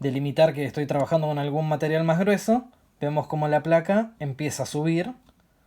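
Someone talks while closing a Kreg Automaxx self-adjusting toggle clamp against thicker material, with the adjusting plate starting to ride up its wedge mechanism. The plate is being handled and has not yet locked; nothing has seated or clicked yet.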